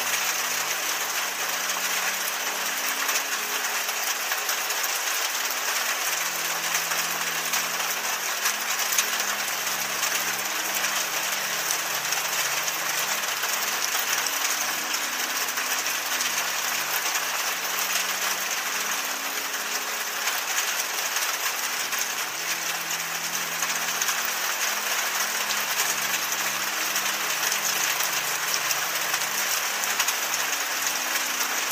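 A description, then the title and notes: Rainfall comes down as a dense, steady hiss that holds an even level for the whole half minute, bright. Underneath, a faint low hum shifts slowly in pitch, like an engine or machinery, and the lowest bass is cut away entirely. Enigmatic Rainfall. The gentle patter of rain.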